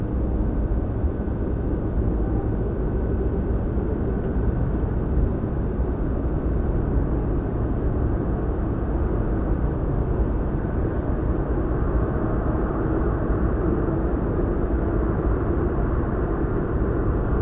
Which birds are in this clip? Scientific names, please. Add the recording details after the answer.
Muscicapa striata. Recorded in France